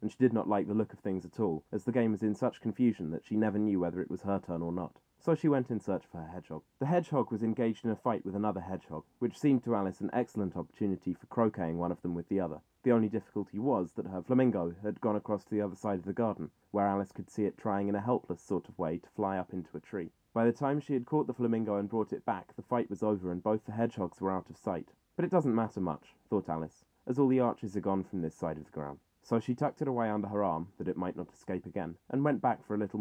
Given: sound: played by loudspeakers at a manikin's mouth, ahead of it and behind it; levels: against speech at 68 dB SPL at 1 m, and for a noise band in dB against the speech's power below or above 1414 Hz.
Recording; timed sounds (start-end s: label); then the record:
test signals for a remote microphone
0.00-33.01 s: man speaking
From the record:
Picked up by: measurement microphone